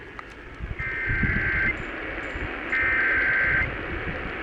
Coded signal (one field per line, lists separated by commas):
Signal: Emergency Alert System (SAME) tones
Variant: header bursts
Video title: "THIS IS A TEST" Broadcast Radio EAS: Civil Emergency Message (EAS #187)